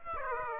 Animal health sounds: mosquito wingbeat signal from an infrared sensor; Aedes aegypti

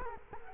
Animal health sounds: mosquito wingbeat signal from an infrared sensor; Culex quinquefasciatus

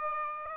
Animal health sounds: mosquito wingbeat signal from an infrared sensor; Aedes aegypti

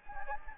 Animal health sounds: mosquito wingbeat signal from an infrared sensor; Anopheles gambiae

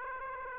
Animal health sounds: mosquito wingbeat signal from an infrared sensor; Aedes aegypti

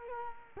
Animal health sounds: mosquito wingbeat signal from an infrared sensor; Culex quinquefasciatus

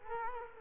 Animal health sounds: mosquito wingbeat signal from an infrared sensor; Culex quinquefasciatus

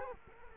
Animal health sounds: mosquito wingbeat signal from an infrared sensor; Culex quinquefasciatus

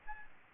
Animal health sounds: mosquito wingbeat signal from an infrared sensor; Aedes albopictus

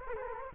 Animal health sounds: mosquito wingbeat signal from an infrared sensor; Culex quinquefasciatus

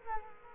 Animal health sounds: mosquito wingbeat signal from an infrared sensor; Culex quinquefasciatus

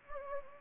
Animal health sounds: mosquito wingbeat signal from an infrared sensor; Anopheles gambiae

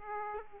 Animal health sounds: mosquito wingbeat signal from an infrared sensor; Aedes aegypti

